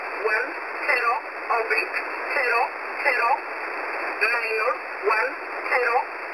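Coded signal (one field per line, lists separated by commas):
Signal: numbers station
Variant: E11 Oblique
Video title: E11 Oblique 02/12/2023 1430 UTC 13363kHz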